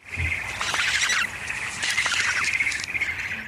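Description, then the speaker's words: Northern Bald Ibis calls: harsh, raspy squawks in ragged bursts. Played as an example of the species' call. "Und so klingt übrigens ein Waldrapp."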